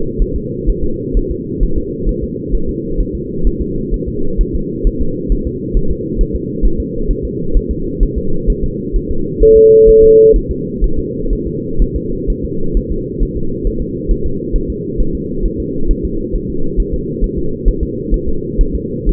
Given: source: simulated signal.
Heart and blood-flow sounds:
fetal heart sounds
0.22 s: S1
0.36 s: S2
0.70 s: S1
0.84 s: S2
1.17 s: S1
1.31 s: S2
1.63 s: S1
1.78 s: S2
2.09 s: S1
2.24 s: S2
2.55 s: S1
2.69 s: S2
3.01 s: S1
3.15 s: S2
3.47 s: S1
3.61 s: S2
3.94 s: S1
4.08 s: S2
4.41 s: S1
4.55 s: S2
4.87 s: S1
5.01 s: S2
5.32 s: S1
5.47 s: S2
5.77 s: S1
5.91 s: S2
6.21 s: S1
6.35 s: S2
6.66 s: S1
6.80 s: S2
7.11 s: S1
7.25 s: S2
7.57 s: S1
7.71 s: S2
8.03 s: S1
8.18 s: S2
8.50 s: S1
8.64 s: S2
8.96 s: S1
9.11 s: S2
9.43 s: S1
9.57 s: S2
9.89 s: S1
10.04 s: S2
10.36 s: S1
10.51 s: S2
10.84 s: S1
10.99 s: S2
11.33 s: S1
11.47 s: S2
11.82 s: S1
11.96 s: S2
12.30 s: S1
12.45 s: S2
12.77 s: S1
12.91 s: S2
13.23 s: S1
13.37 s: S2
13.67 s: S1
13.82 s: S2
14.11 s: S1
14.26 s: S2
14.56 s: S1
14.70 s: S2
15.00 s: S1
15.15 s: S2
15.46 s: S1
15.60 s: S2
15.91 s: S1
16.05 s: S2
16.35 s: S1
16.50 s: S2
16.80 s: S1
16.94 s: S2
17.24 s: S1
17.38 s: S2
17.68 s: S1
17.83 s: S2
18.14 s: S1
18.28 s: S2
18.61 s: S1
18.75 s: S2
19.09 s: S1
From the record:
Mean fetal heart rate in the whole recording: 130 bpm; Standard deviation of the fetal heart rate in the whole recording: 4 bpm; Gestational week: 38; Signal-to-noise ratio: -8.1 dB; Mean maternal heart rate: 72 bpm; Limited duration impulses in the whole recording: present

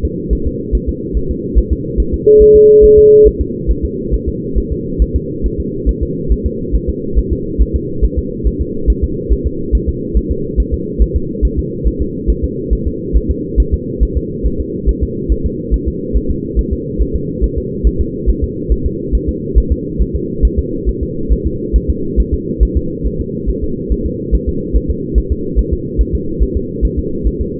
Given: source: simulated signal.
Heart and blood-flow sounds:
fetal heart sounds
0.05 s: S2
0.33 s: S1
0.47 s: S2
0.75 s: S1
0.89 s: S2
1.17 s: S1
1.31 s: S2
1.58 s: S1
1.72 s: S2
2.00 s: S1
2.14 s: S2
2.42 s: S1
2.56 s: S2
2.84 s: S1
2.98 s: S2
3.27 s: S1
3.41 s: S2
3.71 s: S1
3.85 s: S2
4.14 s: S1
4.28 s: S2
4.58 s: S1
4.72 s: S2
5.02 s: S1
5.16 s: S2
5.46 s: S1
5.60 s: S2
5.89 s: S1
6.03 s: S2
6.32 s: S1
6.46 s: S2
6.75 s: S1
6.89 s: S2
7.19 s: S1
7.33 s: S2
7.62 s: S1
7.76 s: S2
8.04 s: S1
8.19 s: S2
8.47 s: S1
8.61 s: S2
8.90 s: S1
9.04 s: S2
9.32 s: S1
9.47 s: S2
9.75 s: S1
9.89 s: S2
10.17 s: S1
10.31 s: S2
10.60 s: S1
10.74 s: S2
11.02 s: S1
11.16 s: S2
11.45 s: S1
11.59 s: S2
11.88 s: S1
12.01 s: S2
12.30 s: S1
12.44 s: S2
12.73 s: S1
12.87 s: S2
13.16 s: S1
13.31 s: S2
13.60 s: S1
13.74 s: S2
14.03 s: S1
14.17 s: S2
14.46 s: S1
14.60 s: S2
14.89 s: S1
15.03 s: S2
15.32 s: S1
15.46 s: S2
15.74 s: S1
15.88 s: S2
16.16 s: S1
16.31 s: S2
16.59 s: S1
16.73 s: S2
17.01 s: S1
17.16 s: S2
17.44 s: S1
17.58 s: S2
17.87 s: S1
18.01 s: S2
18.30 s: S1
18.44 s: S2
18.72 s: S1
18.86 s: S2
19.15 s: S1
19.29 s: S2
19.58 s: S1
19.72 s: S2
20.01 s: S1
20.16 s: S2
20.45 s: S1
20.59 s: S2
20.89 s: S1
21.03 s: S2
21.32 s: S1
21.47 s: S2
21.76 s: S1
21.90 s: S2
22.20 s: S1
22.34 s: S2
22.63 s: S1
22.77 s: S2
23.06 s: S1
23.21 s: S2
23.50 s: S1
23.64 s: S2
23.92 s: S1
24.06 s: S2
24.35 s: S1
24.49 s: S2
24.76 s: S1
24.91 s: S2
25.18 s: S1
25.32 s: S2
25.59 s: S1
25.73 s: S2
26.01 s: S1
26.15 s: S2
26.43 s: S1
26.57 s: S2
26.85 s: S1
26.99 s: S2
27.27 s: S1
27.41 s: S2
From the record:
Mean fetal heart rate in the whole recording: 140 bpm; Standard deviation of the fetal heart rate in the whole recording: 2 bpm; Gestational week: 34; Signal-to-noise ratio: -6.6 dB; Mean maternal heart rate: 72 bpm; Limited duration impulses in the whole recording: present

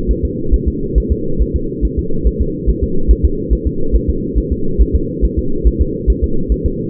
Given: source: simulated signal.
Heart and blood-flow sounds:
fetal heart sounds
0.11 s: S1
0.25 s: S2
0.54 s: S1
0.68 s: S2
0.98 s: S1
1.12 s: S2
1.41 s: S1
1.56 s: S2
1.85 s: S1
1.99 s: S2
2.27 s: S1
2.41 s: S2
2.69 s: S1
2.84 s: S2
3.11 s: S1
3.25 s: S2
3.53 s: S1
3.67 s: S2
3.95 s: S1
4.10 s: S2
4.38 s: S1
4.52 s: S2
4.81 s: S1
4.95 s: S2
5.25 s: S1
5.39 s: S2
5.67 s: S1
5.81 s: S2
6.10 s: S1
6.24 s: S2
6.52 s: S1
6.66 s: S2
From the record:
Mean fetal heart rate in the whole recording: 140 bpm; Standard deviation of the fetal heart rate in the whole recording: 2 bpm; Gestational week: 34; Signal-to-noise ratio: -8.1 dB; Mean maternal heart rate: 72 bpm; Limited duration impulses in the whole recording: absent

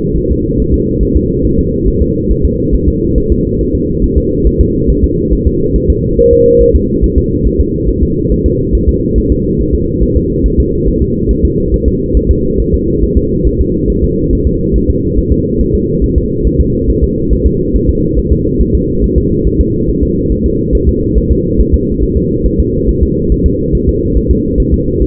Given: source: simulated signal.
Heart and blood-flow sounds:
fetal heart sounds
0.17 s: S1
0.31 s: S2
0.60 s: S1
0.74 s: S2
1.03 s: S1
1.17 s: S2
1.45 s: S1
1.59 s: S2
1.88 s: S1
2.02 s: S2
2.31 s: S1
2.45 s: S2
2.75 s: S1
2.88 s: S2
3.18 s: S1
3.32 s: S2
3.61 s: S1
3.75 s: S2
4.04 s: S1
4.18 s: S2
4.47 s: S1
4.61 s: S2
4.90 s: S1
5.04 s: S2
5.33 s: S1
5.47 s: S2
5.76 s: S1
5.90 s: S2
6.19 s: S1
6.33 s: S2
6.62 s: S1
6.75 s: S2
7.04 s: S1
7.18 s: S2
7.47 s: S1
7.61 s: S2
7.89 s: S1
8.03 s: S2
8.32 s: S1
8.46 s: S2
8.75 s: S1
8.89 s: S2
9.18 s: S1
9.32 s: S2
9.61 s: S1
9.74 s: S2
10.03 s: S1
10.17 s: S2
10.46 s: S1
10.60 s: S2
10.88 s: S1
11.02 s: S2
11.31 s: S1
11.45 s: S2
11.74 s: S1
11.88 s: S2
12.17 s: S1
12.31 s: S2
12.60 s: S1
12.74 s: S2
13.03 s: S1
13.17 s: S2
13.47 s: S1
13.61 s: S2
13.90 s: S1
14.04 s: S2
14.33 s: S1
14.47 s: S2
14.76 s: S1
14.90 s: S2
15.18 s: S1
15.32 s: S2
15.61 s: S1
15.75 s: S2
16.04 s: S1
16.18 s: S2
16.47 s: S1
16.60 s: S2
16.90 s: S1
17.03 s: S2
17.33 s: S1
17.47 s: S2
17.76 s: S1
17.90 s: S2
18.18 s: S1
18.32 s: S2
18.61 s: S1
18.75 s: S2
19.04 s: S1
19.18 s: S2
19.47 s: S1
19.61 s: S2
19.89 s: S1
20.03 s: S2
20.32 s: S1
20.46 s: S2
20.75 s: S1
20.89 s: S2
21.18 s: S1
21.31 s: S2
21.60 s: S1
21.74 s: S2
22.03 s: S1
22.17 s: S2
22.46 s: S1
22.60 s: S2
22.89 s: S1
23.03 s: S2
23.32 s: S1
23.46 s: S2
23.75 s: S1
23.89 s: S2
24.17 s: S1
24.31 s: S2
24.60 s: S1
24.74 s: S2
25.02 s: S1
From the record:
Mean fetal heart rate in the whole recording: 140 bpm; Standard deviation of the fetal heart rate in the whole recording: 2 bpm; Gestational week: 34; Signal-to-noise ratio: -10.2 dB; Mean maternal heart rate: 72 bpm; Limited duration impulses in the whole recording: present

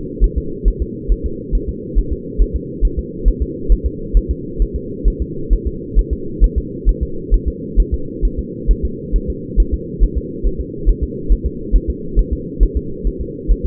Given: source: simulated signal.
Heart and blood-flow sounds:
fetal heart sounds
0.24 s: S1
0.38 s: S2
0.68 s: S1
0.82 s: S2
1.12 s: S1
1.26 s: S2
1.55 s: S1
1.69 s: S2
1.98 s: S1
2.12 s: S2
2.42 s: S1
2.56 s: S2
2.85 s: S1
2.99 s: S2
3.28 s: S1
3.42 s: S2
3.72 s: S1
3.86 s: S2
4.17 s: S1
4.31 s: S2
4.62 s: S1
4.76 s: S2
5.08 s: S1
5.22 s: S2
5.53 s: S1
5.67 s: S2
5.99 s: S1
6.13 s: S2
6.44 s: S1
6.58 s: S2
6.89 s: S1
7.03 s: S2
7.34 s: S1
7.48 s: S2
7.80 s: S1
7.94 s: S2
8.25 s: S1
8.39 s: S2
8.71 s: S1
8.85 s: S2
9.16 s: S1
9.30 s: S2
9.60 s: S1
9.74 s: S2
10.03 s: S1
10.18 s: S2
10.46 s: S1
10.61 s: S2
10.89 s: S1
11.03 s: S2
11.32 s: S1
11.46 s: S2
11.76 s: S1
11.90 s: S2
12.19 s: S1
12.33 s: S2
12.63 s: S1
12.77 s: S2
13.07 s: S1
13.21 s: S2
13.51 s: S1
13.66 s: S2
From the record:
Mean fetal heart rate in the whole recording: 135 bpm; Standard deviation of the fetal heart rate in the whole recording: 3 bpm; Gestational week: 36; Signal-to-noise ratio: -4.3 dB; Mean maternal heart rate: 72 bpm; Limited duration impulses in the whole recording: absent

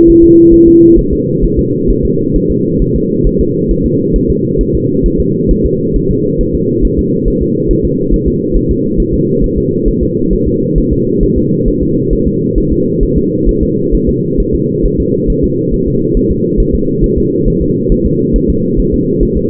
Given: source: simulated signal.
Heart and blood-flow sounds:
fetal heart sounds
0.10 s: S1
0.24 s: S2
0.54 s: S1
0.68 s: S2
0.99 s: S1
1.13 s: S2
1.44 s: S1
1.59 s: S2
1.91 s: S1
2.05 s: S2
2.36 s: S1
2.51 s: S2
2.82 s: S1
2.96 s: S2
3.27 s: S1
3.41 s: S2
3.71 s: S1
3.86 s: S2
4.16 s: S1
4.30 s: S2
4.61 s: S1
4.75 s: S2
5.06 s: S1
5.20 s: S2
5.51 s: S1
5.66 s: S2
5.96 s: S1
6.11 s: S2
6.41 s: S1
6.55 s: S2
6.85 s: S1
6.99 s: S2
7.28 s: S1
7.42 s: S2
7.71 s: S1
7.85 s: S2
8.14 s: S1
8.28 s: S2
8.57 s: S1
8.71 s: S2
9.00 s: S1
9.14 s: S2
9.44 s: S1
9.58 s: S2
9.88 s: S1
10.03 s: S2
10.33 s: S1
10.48 s: S2
10.78 s: S1
10.93 s: S2
11.23 s: S1
11.38 s: S2
11.68 s: S1
11.83 s: S2
12.13 s: S1
12.28 s: S2
12.58 s: S1
12.72 s: S2
13.03 s: S1
13.18 s: S2
13.49 s: S1
13.63 s: S2
13.95 s: S1
14.09 s: S2
14.40 s: S1
14.55 s: S2
14.85 s: S1
15.00 s: S2
15.30 s: S1
15.44 s: S2
15.74 s: S1
15.88 s: S2
16.17 s: S1
16.31 s: S2
16.60 s: S1
16.75 s: S2
17.04 s: S1
17.18 s: S2
17.48 s: S1
17.62 s: S2
17.92 s: S1
18.06 s: S2
18.36 s: S1
18.50 s: S2
18.80 s: S1
18.94 s: S2
19.23 s: S1
19.37 s: S2
From the record:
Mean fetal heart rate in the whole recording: 135 bpm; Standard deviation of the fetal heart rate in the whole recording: 3 bpm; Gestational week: 36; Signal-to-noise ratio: -11.2 dB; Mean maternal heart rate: 72 bpm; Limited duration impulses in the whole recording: present

